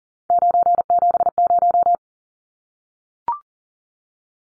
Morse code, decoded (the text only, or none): 970